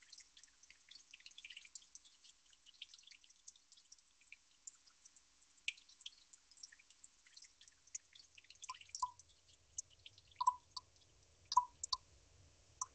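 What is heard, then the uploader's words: Water drops fall in a quick, uneven patter of tiny bright ticks throughout. After about eight seconds, fuller, lower plinks join in every second or so, louder and rounder, over a faint low rumble that continues to the end. Water Drops.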